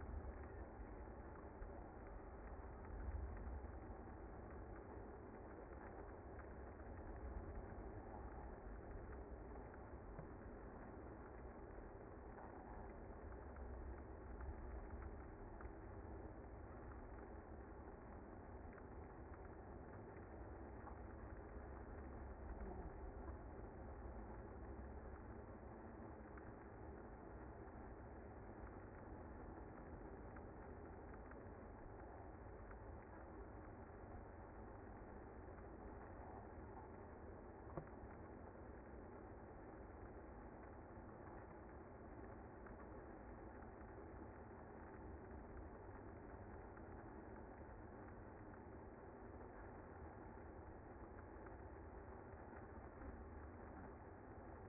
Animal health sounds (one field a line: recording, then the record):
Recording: honeybee colony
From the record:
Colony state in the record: active